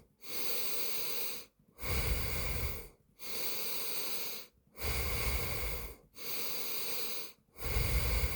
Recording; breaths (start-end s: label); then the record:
nose breathing near a microphone
0.00-1.48 s: inhalation
1.48-2.88 s: exhalation
2.88-4.48 s: inhalation
4.48-5.93 s: exhalation
5.93-7.28 s: inhalation
7.28-8.36 s: exhalation
From the record:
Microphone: phone